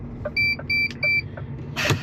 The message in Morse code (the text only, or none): none